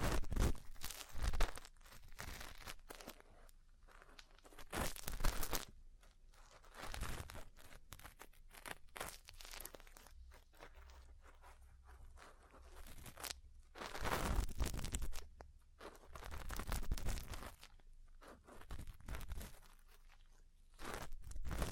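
Ear cleaning and massage sounds: dense, crackling rubs and crunchy scratches that come in irregular bursts. Louder bright surges land around 0–1, 5, 14–15 and 21 seconds, with quieter rustling and soft low thumps between them.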